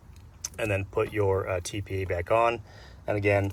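On a 2019–2022 Sierra/Silverado passenger seat power installation, a metal crimp wire terminal is pushed into the second cavity of a plastic seat connector, giving a sharp click at 0.5 s. Someone talks around it. The terminal is seated in the connector cavity.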